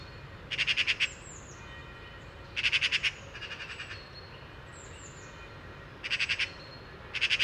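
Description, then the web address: Eurasian magpie making short bursts of harsh rattling chatter, four or five notes each, separated by pauses, with faint high thin calls from other birds between bursts. "SETE data Pica pica"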